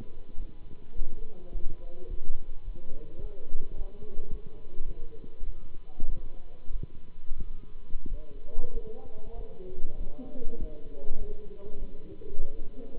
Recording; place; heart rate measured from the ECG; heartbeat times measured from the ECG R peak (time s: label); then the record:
heart sounds by stethoscope; between the tricuspid and mitral areas; 100 bpm
0.36 s: heartbeat
0.94 s: heartbeat
1.51 s: heartbeat
2.07 s: heartbeat
2.64 s: heartbeat
3.20 s: heartbeat
3.75 s: heartbeat
4.29 s: heartbeat
4.84 s: heartbeat
5.43 s: heartbeat
6.06 s: heartbeat
6.70 s: heartbeat
7.34 s: heartbeat
8.08 s: heartbeat
8.71 s: heartbeat
9.34 s: heartbeat
9.96 s: heartbeat
10.58 s: heartbeat
11.17 s: heartbeat
11.76 s: heartbeat
12.36 s: heartbeat
12.96 s: heartbeat
From the record:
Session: Bruce protocol treadmill stress test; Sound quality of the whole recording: good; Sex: male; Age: 26 years